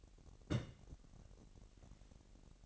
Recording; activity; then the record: daily activity, microphone in the room; place on stove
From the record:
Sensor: 4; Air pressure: 1012.8 hPa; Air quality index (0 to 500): 240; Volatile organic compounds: 4 ppm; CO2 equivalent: 1598 ppm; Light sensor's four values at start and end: 27/64/26/25 and 27/64/26/25